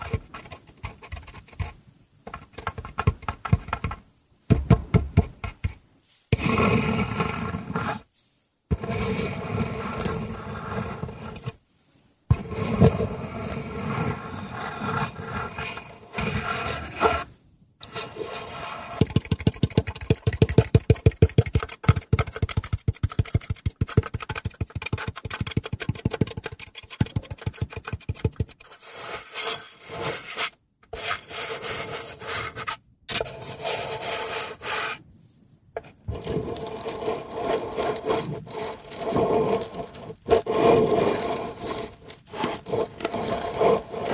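Wooden sounds: rough scraping and rubbing come in bursts separated by short silences, mostly coarse and full-bodied with a gritty top. Around the middle, a stretch of quick, regular rasping strokes resembles sawing. The texture stays dense and scratchy until the end.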